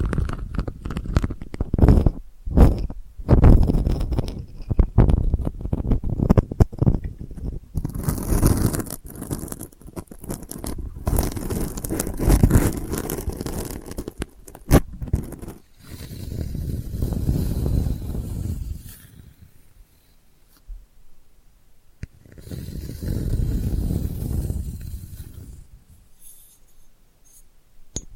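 Delicate scratching, with quick rough strokes packed tightly together during the first fifteen seconds and some sharp, bright rasps near the eighth second. After a pause the scratching turns softer and lower, coming in two slow swells, around 16–20 and 22–27 seconds.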